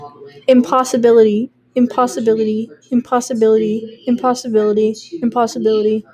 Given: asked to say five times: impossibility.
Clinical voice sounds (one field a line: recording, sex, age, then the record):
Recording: repeated word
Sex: female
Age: 20 to 29 years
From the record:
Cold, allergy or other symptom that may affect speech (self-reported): no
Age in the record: 21 years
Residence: Connecticut, United States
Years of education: 15